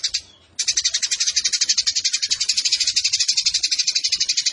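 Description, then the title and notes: Eurasian tree sparrow chatter starting after a short quiet moment, then a steady fast series of high, raspy chirps. Fighting sparrow with long bursts and a clear voice; masteran tutor song for competition birds. "GEREJA TARUNG NEMBAK PANJANG SUARA JERNIH MASTERAN WAJIB BURUNG LOMBA. Burung Gereja"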